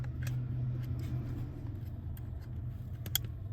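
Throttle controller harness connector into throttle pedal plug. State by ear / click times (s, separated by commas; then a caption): seated / 3.1 s. A Soler Performance electronic throttle controller's plastic harness connector is slid onto the throttle pedal's mating plug over a steady low hum, with a few faint ticks along the way. It latches with one sharp snap at 3.2 s, confirming it is seated, and the red locking clip is then secured.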